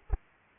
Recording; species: mosquito wingbeat signal from an infrared sensor; Culex pipiens